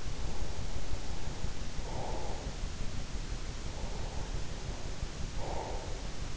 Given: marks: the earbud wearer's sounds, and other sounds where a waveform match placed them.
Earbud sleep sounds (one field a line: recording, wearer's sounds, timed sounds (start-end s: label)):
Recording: sounds in sleep by an in-ear microphone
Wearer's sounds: breath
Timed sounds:
0.00-2.66 s: breath
3.57-6.17 s: breath